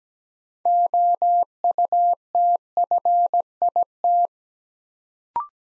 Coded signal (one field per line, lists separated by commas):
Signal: Morse code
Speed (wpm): 17 wpm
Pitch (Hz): 700 Hz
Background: none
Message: OUTFIT